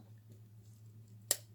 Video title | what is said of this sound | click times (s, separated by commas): Otter Mercator | same as what you hear on a Swiss Army knife that's what it should sound like | 1.3 s